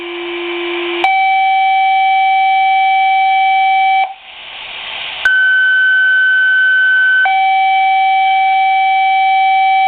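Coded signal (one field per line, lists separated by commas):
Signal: pager alert tone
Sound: loud steady pager tones stepping in pitch, a short hiss break, then more tones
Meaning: Alerts fire crews to a dispatch call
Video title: pager going off for house fire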